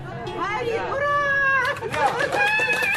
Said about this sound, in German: Jubel von ostukrainischen Dorfbewohnern am 14. Juli 2014, drei Tage vor dem Absturz von MH17. Sie feiern den Abschuss einer ukrainischen Militärmaschine vom Typ AN-26 nahe der Grenze zu Russland.